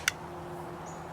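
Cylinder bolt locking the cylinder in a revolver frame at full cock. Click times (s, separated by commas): 0.1 s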